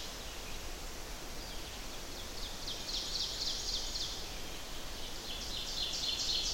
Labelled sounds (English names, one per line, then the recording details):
Ovenbird song
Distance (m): 80 m
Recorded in boreal forest in Alberta, Canada, on 10 June 2016 at 07:02
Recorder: SongMeter 3, array SBT-3-39
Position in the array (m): 231 m, 95 m
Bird 17